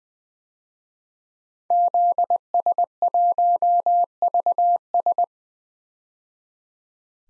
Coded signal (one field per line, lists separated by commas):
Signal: Morse code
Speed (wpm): 21 wpm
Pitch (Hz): 700 Hz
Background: none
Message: ZS1VS